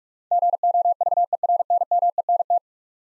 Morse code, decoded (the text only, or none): GOVERNMENT